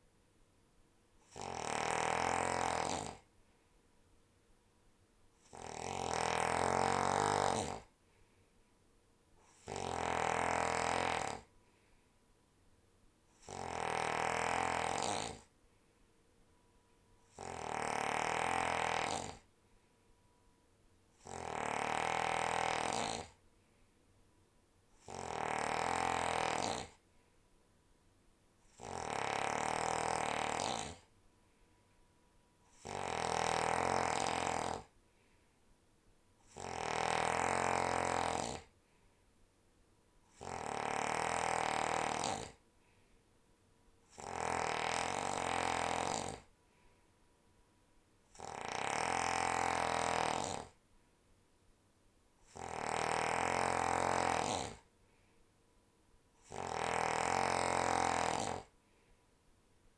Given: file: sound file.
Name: Snoring epoch with high intensity